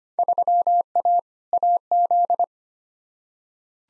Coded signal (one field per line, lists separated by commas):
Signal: Morse code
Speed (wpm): 25 wpm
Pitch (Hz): 700 Hz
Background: none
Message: 3A AZ